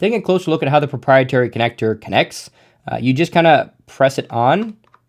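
A proprietary power cable connector for a Galaxy XR headset is being pressed onto the headset's port. Someone talks throughout, and a brief faint tick comes near the very end. Nothing has seated or clicked yet.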